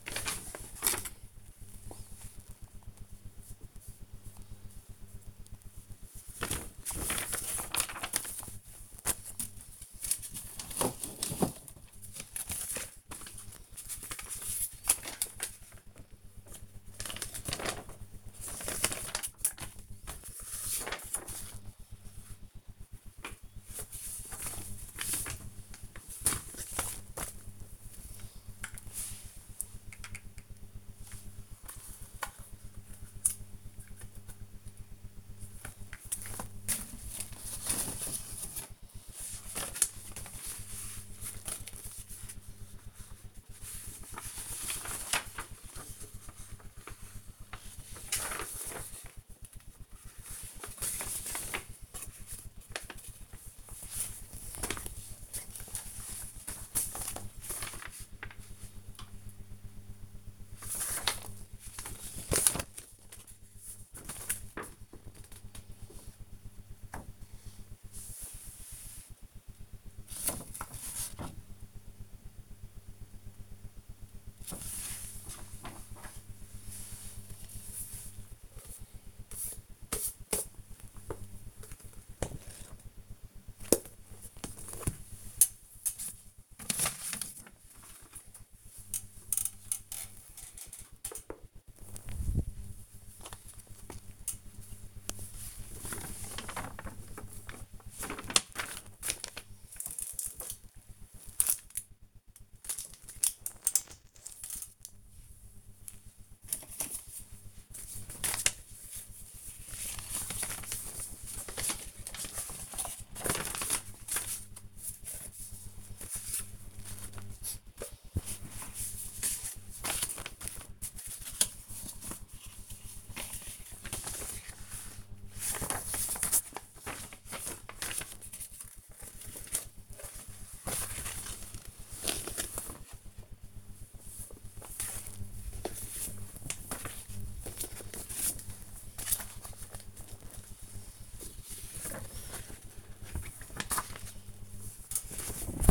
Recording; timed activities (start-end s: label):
household activities, microphone on the right wrist
0.00-102.32 s: sorting documents
107.34-145.71 s: sorting documents